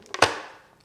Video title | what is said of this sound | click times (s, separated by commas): NHK GP-R Tech Race Helm Alonso López Replica Indonesia 2023 - Unboxing - TGP | ihr es auch wie gerade gehört habt so nach oben schieben dann ist es eingerastet und einfach wieder runterschieben genau | 0.2 s